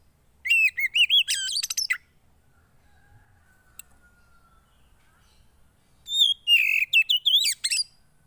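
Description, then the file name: Oriental magpie-robin song: two short bursts of whistled, warbling phrases with a long quiet gap between them, a faint low hum in the background. Oriental magpie-robin (kacer) song played to provoke a caged bird into an emotional response. "Burung kacer anda langsung emosi dengar ini"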